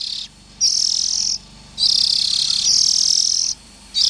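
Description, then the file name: Oriental magpie-robin uttering long, buzzy hissing rasps, two running almost back to back, separated by brief pauses. Young birds. "Tieng chim chich choe than non"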